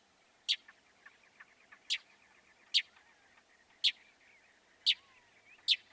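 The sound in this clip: Northern mockingbird giving single harsh chip notes about once a second, with faint, softer twittering between them.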